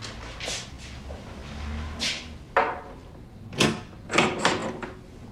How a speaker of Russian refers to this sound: Она дергает ручку и идет до конца коридора.